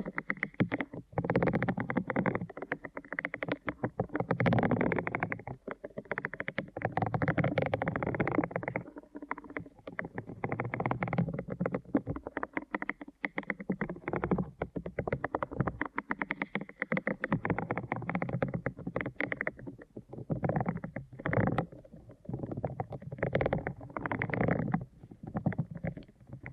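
Deep ear canal massage sounds, a dense, steady stream of soft rubbing and muffled crackling that fills the low and middle range. Brief dips and small gaps break the texture every few seconds, with occasional sharper pops, but the motion continues throughout.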